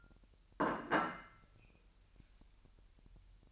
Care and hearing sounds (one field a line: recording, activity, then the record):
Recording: daily activity, microphone in the room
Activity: place plate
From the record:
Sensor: 2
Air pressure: 1001.9 hPa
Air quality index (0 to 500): 248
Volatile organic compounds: 40 ppm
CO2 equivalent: 3140 ppm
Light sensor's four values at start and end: 8/28/11/10 and 8/28/11/10